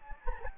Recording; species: mosquito wingbeat signal from an infrared sensor; Anopheles gambiae